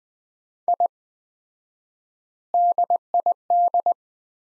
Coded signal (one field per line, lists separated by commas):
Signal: Morse code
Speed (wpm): 20 wpm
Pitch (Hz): 700 Hz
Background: none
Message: I DID